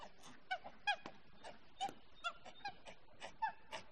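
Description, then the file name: Monkey giving short yelps and squeaks at an uneven pace. "audio hero Monkey"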